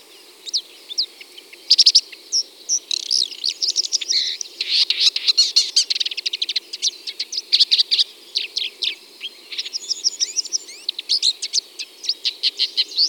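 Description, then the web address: Red-backed shrike song: long varied chatter of scratchy chirps, dry clicks and thin whistled phrases, with brief pauses. "Lanius collurio. ns svatomartinska alej"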